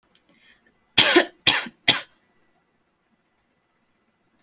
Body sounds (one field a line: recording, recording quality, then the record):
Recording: heavy voluntary cough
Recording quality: excellent, no background noise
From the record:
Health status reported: healthy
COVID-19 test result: not tested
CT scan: not taken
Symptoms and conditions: cough, cold, breathing difficulty, muscle pain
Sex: female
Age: 21 years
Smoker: no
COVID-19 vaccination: none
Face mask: not worn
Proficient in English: no